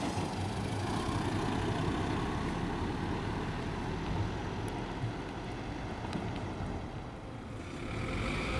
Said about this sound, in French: J'entends les bruits de voiture.